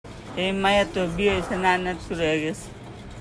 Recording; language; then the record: elicited speech; Bengali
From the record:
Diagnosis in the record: Broca's or global aphasia after a stroke